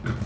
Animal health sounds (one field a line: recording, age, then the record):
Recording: pig call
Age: growing-finishing pig (85 days or more)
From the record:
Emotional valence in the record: positive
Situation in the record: run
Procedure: transit